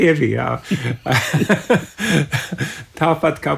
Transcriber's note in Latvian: smejas